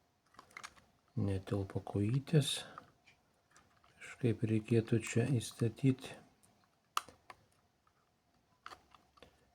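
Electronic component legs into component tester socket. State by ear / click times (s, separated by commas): seated / 7.0 s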